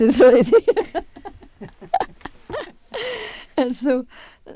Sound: they laugh

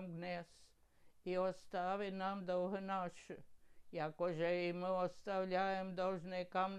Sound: none

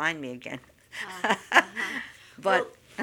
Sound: she laughs

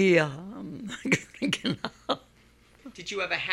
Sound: she laughs

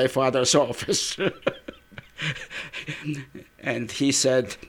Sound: he laughs

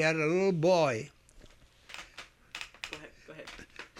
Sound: a creaking noise is heard in the background on the tape

